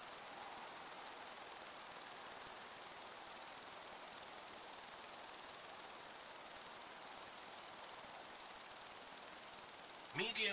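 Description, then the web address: Crickets make a high, continuous shimmer over windy hiss; a short wavering sound breaks in near the end. Crickets and other insects in long grass on a windy day. "beanstalk-audio Crickets and insects in windy long grass"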